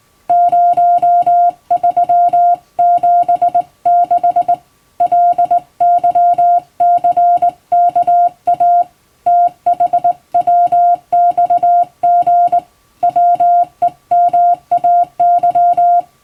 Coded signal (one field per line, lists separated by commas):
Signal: Morse code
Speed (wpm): 20 wpm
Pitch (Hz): 700 Hz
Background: music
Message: 0376 LYCKA THWXG WEMAY